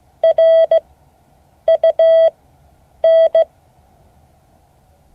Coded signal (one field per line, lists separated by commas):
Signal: Morse code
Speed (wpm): 16 wpm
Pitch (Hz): 650 Hz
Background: none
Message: RUN